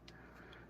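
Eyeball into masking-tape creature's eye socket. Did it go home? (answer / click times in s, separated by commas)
yes / 0.1 s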